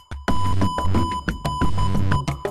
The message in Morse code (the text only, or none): ONE